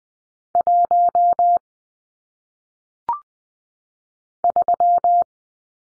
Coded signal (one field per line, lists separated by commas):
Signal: Morse code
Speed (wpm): 20 wpm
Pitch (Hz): 700 Hz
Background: none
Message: 1 3